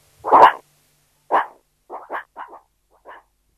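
Meerkat calls: one loud harsh bark, then softer, shorter chirping notes trailing off over a few seconds in a quiet setting.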